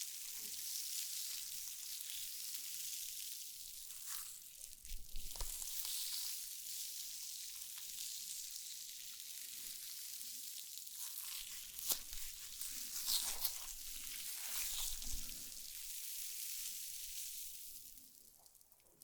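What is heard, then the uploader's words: Slime being squished and stretched makes a steady, bright, wet crackle that runs through the whole stretch, like frying or sizzling. Sharper squelches and pops stand out around five, twelve, thirteen and fifteen seconds, and the sound thins and fades at the end. NO TALKING Satisfying Slime Triggers.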